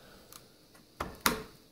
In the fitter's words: clips right in